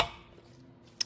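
The prongs of a paper oil filter element are pushed down into a black plastic oil filter housing cap until they lock. A fading noise at the start gives way to quiet handling, then a single sharp snap at 1.0 s marks the element locking into the cap, seated.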